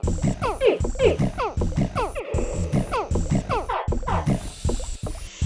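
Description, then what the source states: Crocodile hatchling calls: many quick descending chirps repeating through the whole stretch. Hatchling calls played back through a loudspeaker buried 50 cm deep in sand where eggs would lie, to test the nesting female; she responds by digging to help young out.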